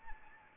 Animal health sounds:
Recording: mosquito wingbeat signal from an infrared sensor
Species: Anopheles arabiensis

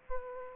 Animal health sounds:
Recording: mosquito wingbeat signal from an infrared sensor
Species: Aedes aegypti

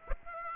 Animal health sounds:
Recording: mosquito wingbeat signal from an infrared sensor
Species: Aedes aegypti

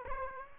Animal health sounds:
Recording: mosquito wingbeat signal from an infrared sensor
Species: Aedes aegypti

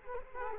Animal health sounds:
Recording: mosquito wingbeat signal from an infrared sensor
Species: Culex quinquefasciatus

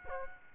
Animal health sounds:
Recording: mosquito wingbeat signal from an infrared sensor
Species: Aedes aegypti

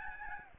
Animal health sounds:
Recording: mosquito wingbeat signal from an infrared sensor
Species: Aedes albopictus

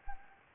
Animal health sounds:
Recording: mosquito wingbeat signal from an infrared sensor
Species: Anopheles gambiae

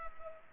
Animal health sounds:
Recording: mosquito wingbeat signal from an infrared sensor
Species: Culex pipiens

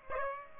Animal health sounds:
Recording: mosquito wingbeat signal from an infrared sensor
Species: Aedes aegypti

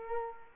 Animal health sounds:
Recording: mosquito wingbeat signal from an infrared sensor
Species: Culex quinquefasciatus

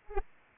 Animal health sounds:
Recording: mosquito wingbeat signal from an infrared sensor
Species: Aedes aegypti

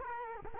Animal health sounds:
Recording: mosquito wingbeat signal from an infrared sensor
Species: Culex quinquefasciatus

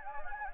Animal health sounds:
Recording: mosquito wingbeat signal from an infrared sensor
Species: Anopheles gambiae

